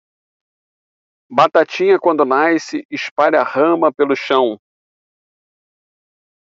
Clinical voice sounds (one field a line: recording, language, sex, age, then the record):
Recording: short text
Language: Brazilian Portuguese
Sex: male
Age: 50 to 59 years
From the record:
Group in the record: control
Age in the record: 51 years